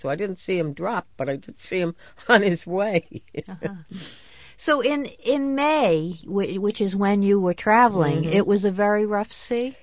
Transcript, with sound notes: So I didn't see him drop, but I could see him on his way. ( she laughs )
So in May, which is when you were traveling, it was a very rough sea?